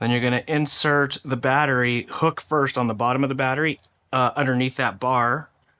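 A drone battery is hooked underneath a bar on the bottom of the drone's battery bay while someone talks. It will later tilt forward and snap into place with magnets, but nothing has seated or clicked yet.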